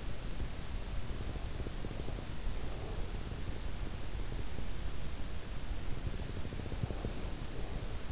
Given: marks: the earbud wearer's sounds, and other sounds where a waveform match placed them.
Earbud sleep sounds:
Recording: sounds in sleep by an in-ear microphone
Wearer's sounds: breath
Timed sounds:
1.23-3.46 s: breath
5.67-8.12 s: breath

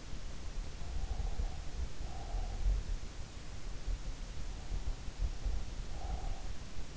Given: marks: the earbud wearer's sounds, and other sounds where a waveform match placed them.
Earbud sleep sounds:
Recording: sounds in sleep by an in-ear microphone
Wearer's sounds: breath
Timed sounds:
0.44-2.93 s: breath
5.03-6.97 s: breath

